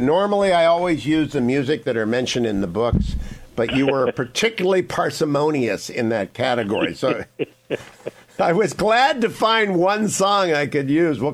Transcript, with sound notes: Normally, I always use the music that are mentioned in the books, but you were particularly parsimonious in that category… (laughing) I was glad to find one song I could use.